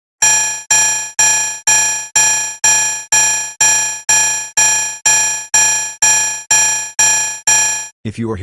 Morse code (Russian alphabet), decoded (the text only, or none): none